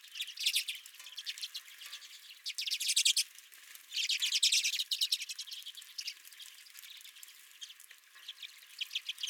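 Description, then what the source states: Redpoll chatter calls, bursts of rapid buzzy trills from several birds, with quieter twitters between. Redpolls at the recordist's own feeder.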